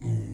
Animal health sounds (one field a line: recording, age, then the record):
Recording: pig call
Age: weaner (32 to 43 days)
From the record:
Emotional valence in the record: negative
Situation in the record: long isolation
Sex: female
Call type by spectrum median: low-frequency call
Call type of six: low-frequency stable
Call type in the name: low-frequency stable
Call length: 0.34 s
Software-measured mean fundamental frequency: 56 Hz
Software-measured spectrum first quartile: 111 Hz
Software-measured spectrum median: 136 Hz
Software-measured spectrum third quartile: 231 Hz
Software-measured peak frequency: 121 Hz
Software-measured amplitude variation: 122 dB a second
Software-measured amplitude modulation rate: 22.0 a second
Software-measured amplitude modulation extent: 5.6 dB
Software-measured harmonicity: 9.2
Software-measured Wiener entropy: -0.49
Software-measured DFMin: 1082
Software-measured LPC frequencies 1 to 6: 2023, 2956, 5082, 6261, 6826, 7584 Hz